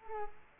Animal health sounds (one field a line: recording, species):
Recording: mosquito wingbeat signal from an infrared sensor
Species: Culex quinquefasciatus